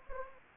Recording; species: mosquito wingbeat signal from an infrared sensor; Anopheles gambiae